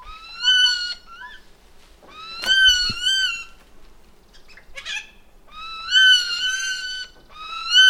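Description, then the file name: Eurasian jay uttering several nasal mews with rich overtones, interspersed with a few short softer notes. "Garrulus glandarius"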